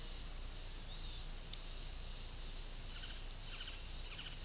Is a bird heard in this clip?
yes